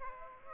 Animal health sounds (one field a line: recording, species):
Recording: mosquito wingbeat signal from an infrared sensor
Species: Aedes aegypti